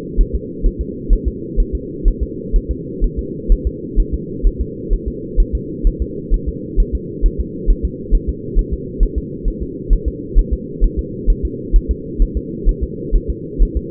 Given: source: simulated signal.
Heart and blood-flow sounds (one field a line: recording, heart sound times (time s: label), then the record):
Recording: fetal heart sounds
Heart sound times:
0.21 s: S1
0.35 s: S2
0.66 s: S1
0.81 s: S2
1.13 s: S1
1.28 s: S2
1.60 s: S1
1.75 s: S2
2.08 s: S1
2.23 s: S2
2.56 s: S1
2.71 s: S2
3.04 s: S1
3.19 s: S2
3.52 s: S1
3.67 s: S2
4.00 s: S1
4.14 s: S2
4.47 s: S1
4.61 s: S2
4.94 s: S1
5.08 s: S2
5.40 s: S1
5.55 s: S2
5.87 s: S1
6.02 s: S2
6.34 s: S1
6.49 s: S2
6.80 s: S1
6.95 s: S2
7.26 s: S1
7.40 s: S2
7.71 s: S1
7.85 s: S2
8.15 s: S1
8.29 s: S2
8.59 s: S1
8.73 s: S2
9.03 s: S1
9.18 s: S2
9.48 s: S1
9.62 s: S2
9.93 s: S1
10.08 s: S2
10.39 s: S1
10.53 s: S2
10.84 s: S1
10.99 s: S2
11.30 s: S1
11.45 s: S2
11.76 s: S1
11.91 s: S2
12.22 s: S1
12.37 s: S2
12.69 s: S1
12.83 s: S2
13.16 s: S1
13.30 s: S2
13.63 s: S1
13.77 s: S2
From the record:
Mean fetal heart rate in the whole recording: 130 bpm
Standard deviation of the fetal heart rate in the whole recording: 4 bpm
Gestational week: 38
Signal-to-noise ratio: -4.1 dB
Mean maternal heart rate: no maternal heart sound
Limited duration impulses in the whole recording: absent